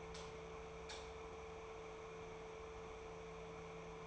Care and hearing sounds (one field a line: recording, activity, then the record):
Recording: daily activity, microphone in the room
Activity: light on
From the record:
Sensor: 1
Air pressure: 1014.6 hPa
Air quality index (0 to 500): 178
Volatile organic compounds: 16 ppm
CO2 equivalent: 2522 ppm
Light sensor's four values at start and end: 39/98/42/51 and 43/112/47/56